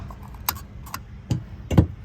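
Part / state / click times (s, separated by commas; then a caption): fuel filler cap on vehicle fuel filler neck / torque reached / 0.5 s, 0.9 s, 1.3 s, 1.7 s. A fuel filler cap is screwed back onto the fuel filler neck of a Toyota 4Runner after fuel system cleaner is poured into the tank. Sharp ratchet clicks sound at 0.5, 0.9, 1.3 and 1.7 seconds, with a louder rattling snap around 1.8 seconds. The cap is tightened until its ratchet clicks.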